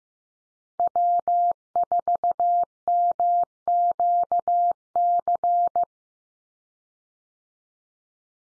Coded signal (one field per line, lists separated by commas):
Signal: Morse code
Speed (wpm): 15 wpm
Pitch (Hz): 700 Hz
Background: none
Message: W4MQC